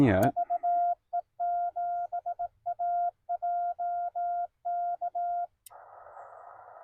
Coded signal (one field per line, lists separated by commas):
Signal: Morse code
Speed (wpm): 18 wpm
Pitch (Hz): 700 Hz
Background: speech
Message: VE7AJK